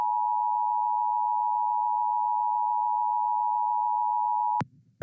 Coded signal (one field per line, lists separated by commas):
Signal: Emergency Alert System (SAME) tones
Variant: 853 and 960 Hz attention tone